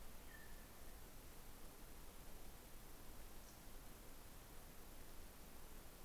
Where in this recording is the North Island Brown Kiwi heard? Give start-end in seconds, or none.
none